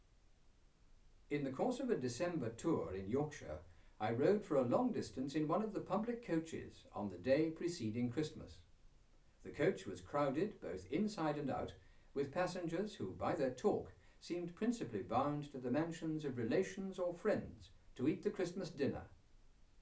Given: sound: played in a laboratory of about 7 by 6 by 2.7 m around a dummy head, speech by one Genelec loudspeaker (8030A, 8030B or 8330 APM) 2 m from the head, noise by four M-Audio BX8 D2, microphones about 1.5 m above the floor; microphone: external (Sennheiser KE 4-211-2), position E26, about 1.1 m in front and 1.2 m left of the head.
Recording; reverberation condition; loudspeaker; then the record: male speech in English; low; 150 degrees to the left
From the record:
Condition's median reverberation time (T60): about 310 ms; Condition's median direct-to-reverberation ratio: about 3.5 dB